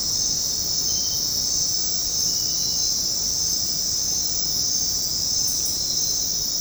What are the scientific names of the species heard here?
none